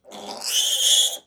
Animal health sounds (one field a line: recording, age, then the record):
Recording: pig call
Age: piglet (1 to 25 days)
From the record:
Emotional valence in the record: negative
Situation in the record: restrain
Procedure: back test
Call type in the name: high-frequency call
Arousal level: medium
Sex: female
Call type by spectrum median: high-frequency call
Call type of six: mixed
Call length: 1.27 s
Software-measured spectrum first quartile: 3236 Hz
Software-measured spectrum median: 4712 Hz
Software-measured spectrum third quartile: 7460 Hz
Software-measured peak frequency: 3359 Hz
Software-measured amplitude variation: 159 dB a second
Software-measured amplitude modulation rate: 16.2 a second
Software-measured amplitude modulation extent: 9.8 dB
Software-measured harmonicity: 5.8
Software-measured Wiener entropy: -2.61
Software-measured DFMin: 1518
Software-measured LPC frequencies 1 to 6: 710, 1790, 3057, 3366, 5157, 6557 Hz